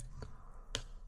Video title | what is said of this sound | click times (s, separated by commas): DJI Mic 2 Transmitter Pearl White - Kutudan Çıkıyor ve İlk İnceleme - Tek Başına Kayıt? | Böyle tık diye buraya oturuyor. | 0.8 s